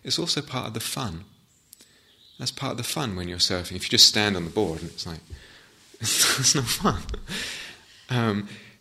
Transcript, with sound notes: It's also part of the fun. It's part of the fun when you're surfing. If you just stand on the board, it's like... [laughter] It's no fun.